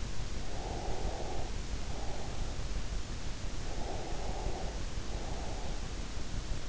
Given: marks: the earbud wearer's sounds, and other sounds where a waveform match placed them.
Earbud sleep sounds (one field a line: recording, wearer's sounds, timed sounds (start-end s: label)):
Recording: sounds in sleep by an in-ear microphone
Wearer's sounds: breath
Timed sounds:
0.58-2.44 s: breath
3.82-5.90 s: breath